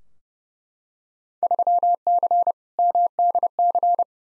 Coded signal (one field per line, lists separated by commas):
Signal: Morse code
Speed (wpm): 32 wpm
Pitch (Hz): 700 Hz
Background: none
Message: 3C MDC